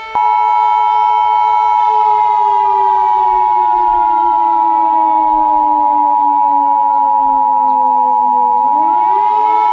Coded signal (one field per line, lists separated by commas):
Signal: Emergency Alert System (SAME) tones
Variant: 853 and 960 Hz attention tone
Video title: The Ultimate Derecho - An EAS Scenario